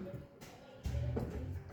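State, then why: Not seated. A replacement boot-release microswitch for a VW Polo Vivo with an intermittent boot-not-opening issue is handled and pushed into the boot lid handle housing, with music playing throughout. The sound grows louder from about 0.8 s, with a brief sharp sound near 1.2 s, but the switch has not clicked into place or seated yet when the clip ends.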